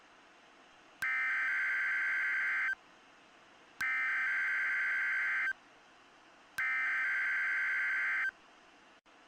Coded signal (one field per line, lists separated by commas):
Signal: Emergency Alert System (SAME) tones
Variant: header bursts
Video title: EAS Screen Showcase! (My Version)